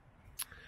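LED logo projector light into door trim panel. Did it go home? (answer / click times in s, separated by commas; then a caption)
yes / 0.4 s. A replacement LED logo projector light is pushed into its opening in the lower door trim panel of a Mercedes C 63 S Convertible. It gives a sharp, bright snap at 0.4 seconds, with a fainter tick just after. The light latches in place and is no longer loose like the earlier ones.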